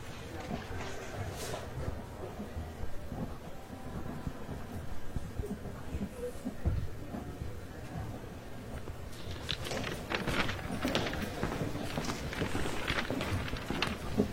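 Library ambience with a steady low murmur and rumble underneath, broken by small soft knocks and rustles. From about nine seconds on, a dense run of quick, bright clicks and taps comes in, like typing or pages moving, lasting to the end.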